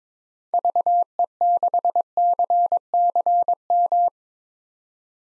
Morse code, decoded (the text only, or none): VE6CCM